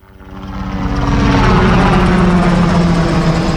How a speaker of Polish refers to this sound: Teraz maszyna czeka na naprawę, a toprowców zabezpiecza wojsko. Przyleciał już śmigłowiec wojskowy, Sokół, taki typ, jaki my używamy. Zresztą z załogą, z którą już pracowaliśmy.